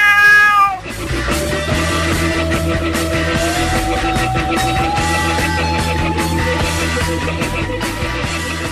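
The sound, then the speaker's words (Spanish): A cat gives one clear, high meow lasting under a second, then steady, loud instrumental music takes over and plays on without any voices. “El gato.”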